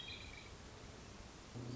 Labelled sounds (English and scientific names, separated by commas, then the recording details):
Hermit Thrush (Catharus guttatus)
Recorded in Sonoma County, California